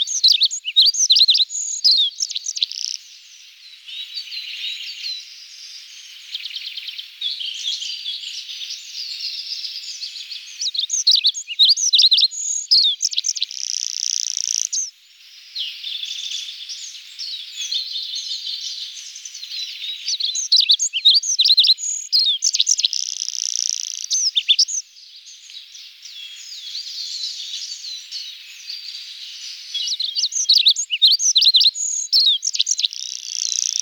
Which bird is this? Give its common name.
Olive-backed Pipit